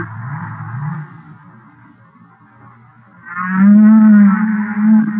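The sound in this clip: Humpback whale song, a soft rising grunt at the start, a quiet pause, then a loud sustained wavering moan with rich harmonics.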